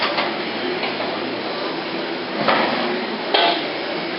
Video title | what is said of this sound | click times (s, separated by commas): Z!nnovation Phoenix(tm) Modern Style hydraulic traveling head die cutter Video | Locks in place, safety interlock so the machine can't run if the feed table is open. | 3.3 s